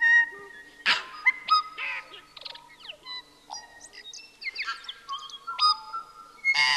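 Tui singing a rich, varied phrase of ringing bell-like whistles, slurred up and down notes and harsh rasping bursts, fairly loud throughout.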